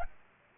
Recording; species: mosquito wingbeat signal from an infrared sensor; Aedes aegypti